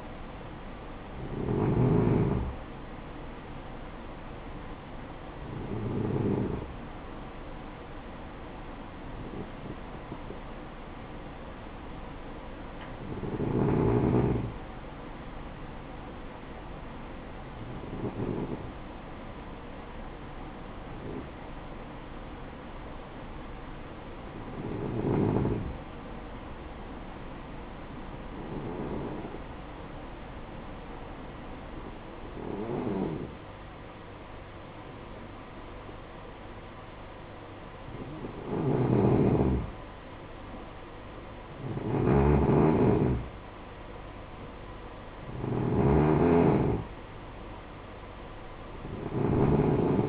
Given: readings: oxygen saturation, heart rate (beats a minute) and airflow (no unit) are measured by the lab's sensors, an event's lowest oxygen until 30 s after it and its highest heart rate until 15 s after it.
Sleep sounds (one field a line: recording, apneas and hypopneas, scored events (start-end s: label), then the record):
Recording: breathing in sleep by a voice recorder at the bedside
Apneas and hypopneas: 1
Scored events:
8.00-50.09 s: new sleep stage, N2 (light sleep)
19.00-40.30 s: hypopnea (N2, oxygen 96% highest, then 91% lowest, heart rate 56 at the start, 62 highest)
From the record:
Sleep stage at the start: N1 (lightest sleep)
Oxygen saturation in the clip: 91 to 96%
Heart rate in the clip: 53 to 62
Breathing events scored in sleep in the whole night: 573 in 9.8 hours asleep